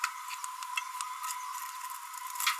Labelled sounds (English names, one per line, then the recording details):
Green-rumped Parrotlet babbling
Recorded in a nest box in Venezuela
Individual 18B25A4